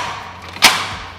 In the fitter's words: always making sure that the rapid locks are fully seated locked into place for your safety